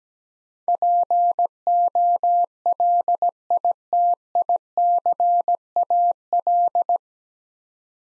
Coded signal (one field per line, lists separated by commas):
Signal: Morse code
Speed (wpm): 17 wpm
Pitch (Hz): 700 Hz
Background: none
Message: POLITICAL